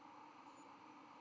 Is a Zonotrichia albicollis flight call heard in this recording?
no